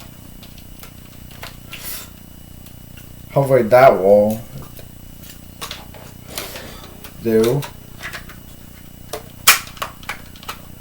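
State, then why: Seated. Someone talks while pressing a plastic battery compartment cover into the body of a toy gel blaster, with several small plastic clicks and taps along the way. The loudest sharp click comes at 9.5 s as the cover snaps into place, followed by a few fainter clicks; the batteries are mentioned as blocking the way.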